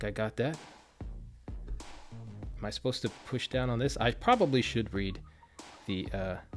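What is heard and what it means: Someone talks over background music while handling a band on a Samsung Galaxy Watch Ultra, pushing the strap connector toward the smartwatch case lug with the release button held down, with a few faint ticks of handling. Nothing has seated or clicked yet; the band is expected to go home with a softer click because the button is pressed before pushing it into place.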